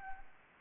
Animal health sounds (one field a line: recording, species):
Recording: mosquito wingbeat signal from an infrared sensor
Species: Anopheles arabiensis